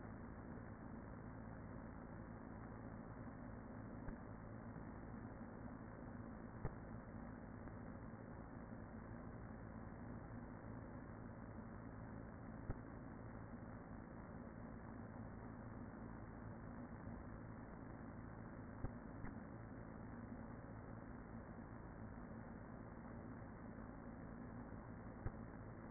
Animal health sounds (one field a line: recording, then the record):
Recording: honeybee colony, microphone inside the hive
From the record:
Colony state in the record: queen present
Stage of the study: after two queens were removed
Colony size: about 40,000 bees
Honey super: no